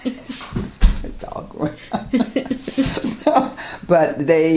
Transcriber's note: laugh